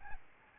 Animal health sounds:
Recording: mosquito wingbeat signal from an infrared sensor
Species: Aedes albopictus

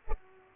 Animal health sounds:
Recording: mosquito wingbeat signal from an infrared sensor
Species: Culex pipiens

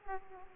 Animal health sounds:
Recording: mosquito wingbeat signal from an infrared sensor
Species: Aedes aegypti

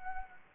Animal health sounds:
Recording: mosquito wingbeat signal from an infrared sensor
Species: Anopheles gambiae

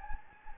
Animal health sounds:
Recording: mosquito wingbeat signal from an infrared sensor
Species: Anopheles gambiae

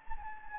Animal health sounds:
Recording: mosquito wingbeat signal from an infrared sensor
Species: Anopheles gambiae

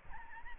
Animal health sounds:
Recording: mosquito wingbeat signal from an infrared sensor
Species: Aedes albopictus

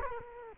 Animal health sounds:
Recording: mosquito wingbeat signal from an infrared sensor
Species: Culex quinquefasciatus

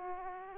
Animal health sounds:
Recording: mosquito wingbeat signal from an infrared sensor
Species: Aedes aegypti

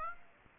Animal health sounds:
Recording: mosquito wingbeat signal from an infrared sensor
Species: Aedes aegypti

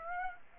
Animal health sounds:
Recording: mosquito wingbeat signal from an infrared sensor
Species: Aedes aegypti

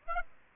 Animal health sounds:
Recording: mosquito wingbeat signal from an infrared sensor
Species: Aedes aegypti

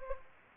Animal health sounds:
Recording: mosquito wingbeat signal from an infrared sensor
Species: Anopheles gambiae

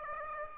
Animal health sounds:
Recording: mosquito wingbeat signal from an infrared sensor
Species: Aedes aegypti

